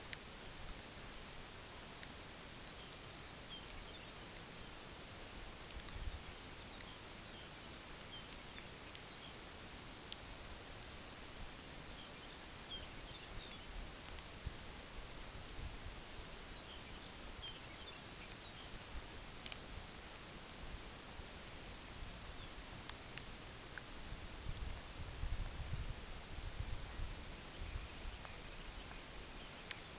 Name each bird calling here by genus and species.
Calcarius lapponicus, Limnodromus scolopaceus